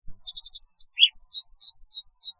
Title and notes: Kicau Burung Branjangan